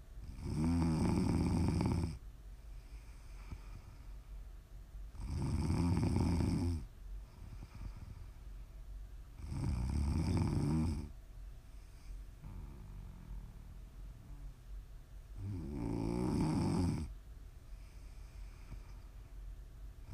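Prime ASMR snoring from an adult sleeper: four loud, low-pitched snores in 20 seconds, roughly every five seconds, with quieter breathing in between.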